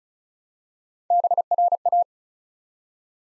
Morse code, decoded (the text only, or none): BRA